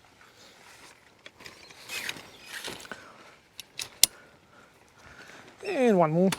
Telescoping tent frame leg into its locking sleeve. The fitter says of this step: same again it's all going to click in you'll hear the click and